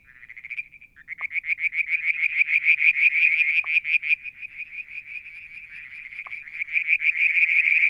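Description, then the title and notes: Frogs giving long, loud pulsed trills of high rattling notes, nearly continuous, with occasional brief lower taps. Evening near a water tank at Mount Wilson, New South Wales, Australia, July 2022. "Frog song, Mount Wilson, New South Wales, Australia in July 2022 – by Alexander Moffatt. Limnodynastes Peronii, Litoria Verreauxii and a mystery frog one evening near the water tank"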